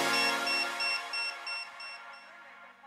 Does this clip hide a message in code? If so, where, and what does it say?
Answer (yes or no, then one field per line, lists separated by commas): no